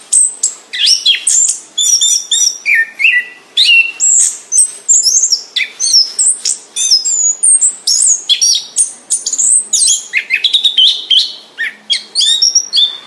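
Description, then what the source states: Orange-headed thrush song: dense nonstop stream of high chirps, whistles and slurred notes, rich and varied throughout. Described with the Indonesian term 'gacor', used for a bird in full, continuous song.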